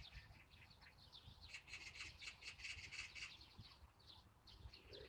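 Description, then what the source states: Oriental Magpie in a burst of scratchy, rattling chatter, fast repeated harsh notes in the middle seconds. Calling hard during a nest-site conflict with a dollarbird; Dragon Boat Festival day; live-streamed while birdwatching.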